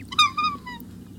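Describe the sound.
Black swan giving a nasal, trumpet-like bugle, a harmonic-rich call sliding slightly downward.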